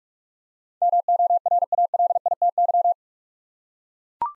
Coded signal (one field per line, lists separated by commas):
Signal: Morse code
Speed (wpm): 44 wpm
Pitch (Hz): 700 Hz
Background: none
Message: MORALITY